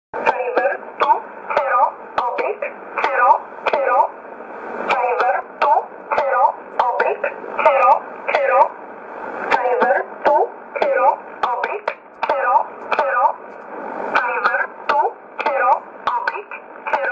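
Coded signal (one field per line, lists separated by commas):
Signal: numbers station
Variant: E11 Oblique, English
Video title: 31 01 2019 E11 Oblique Numbers station in English 1531 on 5082 unknown tx site in USB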